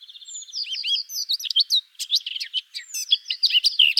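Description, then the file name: Eurasian blackcap warbling fast and dense, a stream of sharp clicks, slurred whistles and bright fluted phrases throughout. "Sylvia atricapilla"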